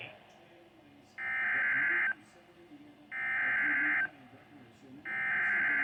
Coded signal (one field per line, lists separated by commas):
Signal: Emergency Alert System (SAME) tones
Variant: header bursts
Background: speech